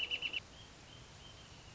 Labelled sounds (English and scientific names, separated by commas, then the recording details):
Wrentit (Chamaea fasciata)
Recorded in Sonoma County, California